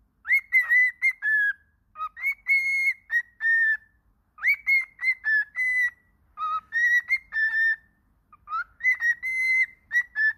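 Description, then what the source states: Cockatiel whistling: clear, fairly steady whistled notes with rich overtones, grouped in phrases of four or five and repeated after short gaps. Lotino (lutino) cockatiel.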